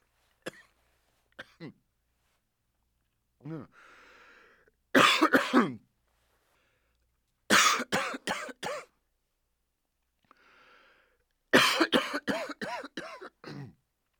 Coughing Man.